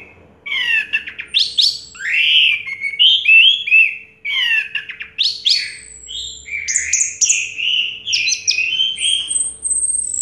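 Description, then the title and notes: Orange-headed thrush pouring out a varied song of warbles, rising slurs and sharp chips, with a high thin whistle near the end. Singing in the teler style, described as clear-voiced; part of a complete collection of its song. "Anis Merah Teler Suara Jernih. kumpulan suara anis merah lengkap"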